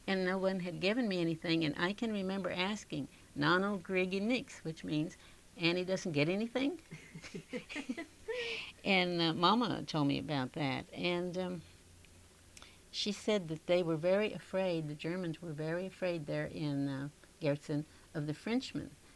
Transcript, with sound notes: And no one had given me anything, and I can remember asking, "Nanno kriege Nichts," which means "Annie doesn't get anything." (they laugh) And Mama told me about that. And she said that they were very afraid, the Germans were very afraid there in Gerzen of the Frenchmen.